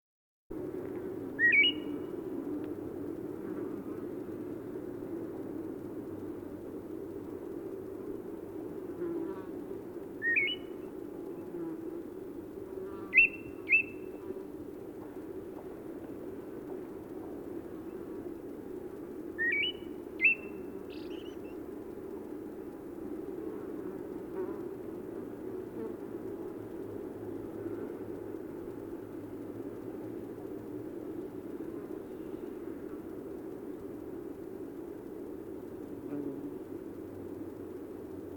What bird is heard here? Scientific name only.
Turdus obscurus